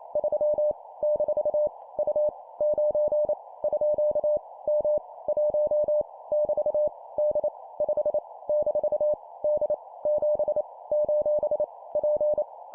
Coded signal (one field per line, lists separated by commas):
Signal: Morse code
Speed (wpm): 28 wpm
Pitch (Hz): 600 Hz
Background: none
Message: 3 - U 9 _ M 1 <BT> D 5 - D 7 : P